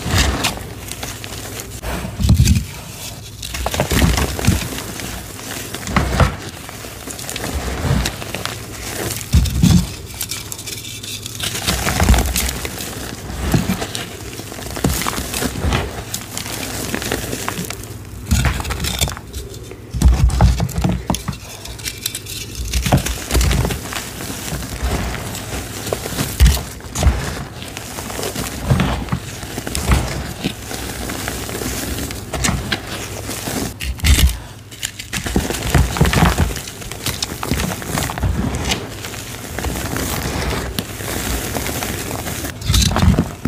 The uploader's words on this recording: Black Iron Oxide *Crush Only* Compilation! Crispy crunchy black iron oxide gym chalk crumbles and oddly satisfying asmr sounds.